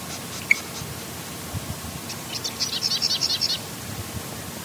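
Sedge wren song: a few faint, scattered high notes, then a rapid, pulsed, dry rattle that ends abruptly.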